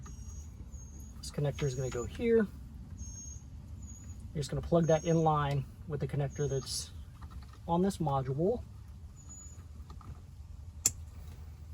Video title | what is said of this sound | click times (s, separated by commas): Jeep Wrangler JK Smart X Auto Start Plug and Play Install, Including Hood Safety Switch | make sure you hear that snap designating that everything's gone into place | 10.9 s